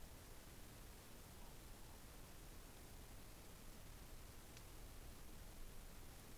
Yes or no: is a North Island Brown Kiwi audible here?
no